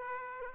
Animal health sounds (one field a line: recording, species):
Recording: mosquito wingbeat signal from an infrared sensor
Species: Aedes aegypti